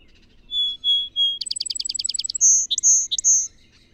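Song sparrow delivering three level whistles, a brisk chattering trill of many short notes, and an ending of high whistles; faint low hiss behind.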